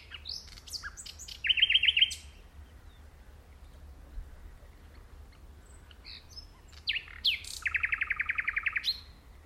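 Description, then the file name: Common nightingale singing two phrases, each of mixed whistles and sharp notes ending in a fast rhythmic rattle, with a quieter stretch between. "Luscinia megarhynchos"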